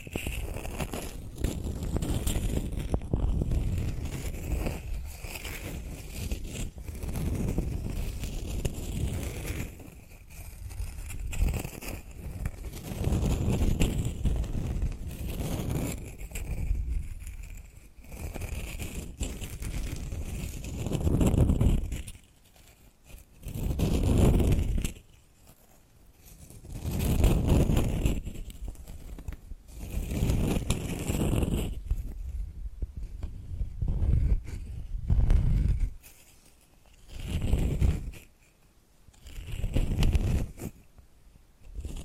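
Tapping and scratching sounds fill the recording, dense and fairly continuous for the first half with rough, low-heavy strokes. After about twenty seconds it breaks into separate bursts of a few seconds each, with short quiet gaps between them.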